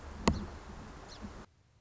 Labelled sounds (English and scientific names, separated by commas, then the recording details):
Song Sparrow (Melospiza melodia)
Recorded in Sonoma County, California